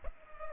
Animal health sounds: mosquito wingbeat signal from an infrared sensor; Culex pipiens

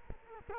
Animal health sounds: mosquito wingbeat signal from an infrared sensor; Culex quinquefasciatus

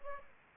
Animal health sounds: mosquito wingbeat signal from an infrared sensor; Aedes aegypti

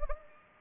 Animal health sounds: mosquito wingbeat signal from an infrared sensor; Anopheles gambiae

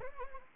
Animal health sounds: mosquito wingbeat signal from an infrared sensor; Anopheles arabiensis

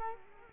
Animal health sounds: mosquito wingbeat signal from an infrared sensor; Culex quinquefasciatus

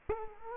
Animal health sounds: mosquito wingbeat signal from an infrared sensor; Culex quinquefasciatus

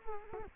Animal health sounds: mosquito wingbeat signal from an infrared sensor; Culex quinquefasciatus

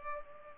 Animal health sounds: mosquito wingbeat signal from an infrared sensor; Culex pipiens

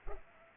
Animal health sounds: mosquito wingbeat signal from an infrared sensor; Culex pipiens

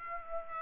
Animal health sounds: mosquito wingbeat signal from an infrared sensor; Aedes aegypti

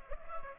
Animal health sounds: mosquito wingbeat signal from an infrared sensor; Culex pipiens

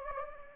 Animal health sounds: mosquito wingbeat signal from an infrared sensor; Anopheles gambiae

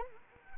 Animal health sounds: mosquito wingbeat signal from an infrared sensor; Anopheles arabiensis

